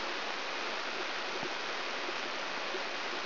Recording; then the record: brain microelectrode recording played as sound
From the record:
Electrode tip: inside the subthalamic nucleus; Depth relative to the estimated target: -2.5 mm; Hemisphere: left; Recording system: AlphaMap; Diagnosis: Parkinson's disease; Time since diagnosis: 23 years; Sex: male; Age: 65 years